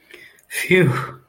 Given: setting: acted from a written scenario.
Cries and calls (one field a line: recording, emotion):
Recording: vocal sound without words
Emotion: relief